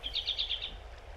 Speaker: Then the robin sang, "Cheerily, cheer up, cheerily, cheer up."